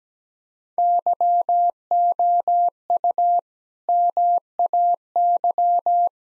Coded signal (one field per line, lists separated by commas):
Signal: Morse code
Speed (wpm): 17 wpm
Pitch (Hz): 700 Hz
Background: none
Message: YOU MAY